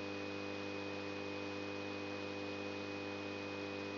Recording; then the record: brain microelectrode recording played as sound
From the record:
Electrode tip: outside the subthalamic nucleus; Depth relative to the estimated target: -8 mm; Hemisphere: left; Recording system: AlphaMap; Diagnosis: Parkinson's disease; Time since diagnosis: 12 years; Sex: female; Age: 47 years